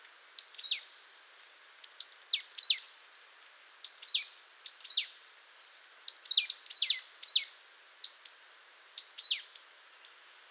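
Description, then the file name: Marsh tit giving bursts of sharp, high, downward-sweeping notes in clusters with short gaps through most of the recording. "Poecile palustris"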